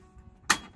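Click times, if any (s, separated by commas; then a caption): 0.5 s. Another lower clip of the plastic front grille on a Chevrolet Trailblazer is pressed home into the vehicle body while refitting the grille after upgrading the high beam bulbs to LED. After a quiet, low background, a single sharp snap rings out at 0.5 s as the clip seats.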